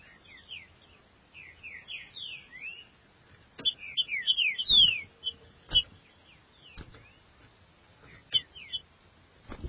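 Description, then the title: Green-winged saltator singing quick, slurred whistle phrases, quieter at first and then louder, with several sharp clicks. "Trinca Ferro"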